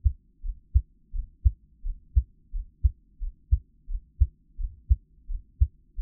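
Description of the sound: A steady, muffled double thump repeats at about 86 beats a minute, with a softer beat followed closely by a stronger one in each cycle. These are ordinary adult heart sounds, heard up close with no talking, no added noise and only a faint low hum.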